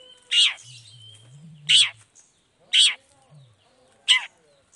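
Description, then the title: Long-tailed shrike giving four loud, harsh notes at intervals. Long-tailed shrike singing in the morning with varied 'toet toet' notes, played to provoke other shrikes into responding quickly. "Cendet Gacor Dor Di Kala Pagi Toet Toet Variasi Suara. Cendet Gacor Langsung Nyaut Emosi Hanya dengan Sekali Putar Bikin Cendet Lainya Cepat Respon Bunyi"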